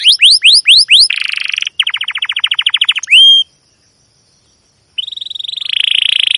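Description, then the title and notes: Domestic canary song: rapid rising sweeps, then a buzzy trill, a fast rattling series and a whistle, a pause, then another buzzy trill. Domestic canary with long, continuous chirping song used as a lure and master song for teaching young canaries to sing. "CUIT CUIT NGEROL LANGSUNG GACOR PANJANG Kenari Ini AMPUH Utk Pancingan KENAR ( 2). PANCINGAN Kenari GACOR PANJANG Cuit CUIT EMOSI ini AMPUH utk MASTERAN Kenari PAUD belajar BUNYI. burung kenari"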